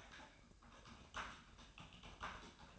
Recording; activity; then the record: daily activity, microphone in the room; typing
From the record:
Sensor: 2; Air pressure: 1007.5 hPa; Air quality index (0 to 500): 43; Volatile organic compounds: 1 ppm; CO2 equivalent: 549 ppm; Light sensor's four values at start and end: 8/20/8/9 and 8/20/8/9